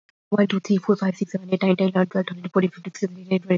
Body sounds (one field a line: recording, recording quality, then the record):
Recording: counting at a fast pace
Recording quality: excellent, no background noise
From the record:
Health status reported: healthy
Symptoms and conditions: fever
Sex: female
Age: 20 years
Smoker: not ticked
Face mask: not worn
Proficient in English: yes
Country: India